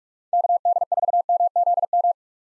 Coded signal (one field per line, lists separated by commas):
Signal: Morse code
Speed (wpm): 46 wpm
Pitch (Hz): 700 Hz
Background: none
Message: KD4MZM